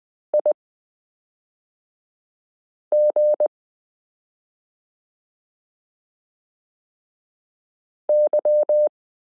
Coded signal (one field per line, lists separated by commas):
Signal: Morse code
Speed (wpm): 20 wpm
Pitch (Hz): 600 Hz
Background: none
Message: IG Y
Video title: Morse Code Listening Lesson 24 - i (.)period n j e f (0)zero y (,)comma v g 5 (/)slash q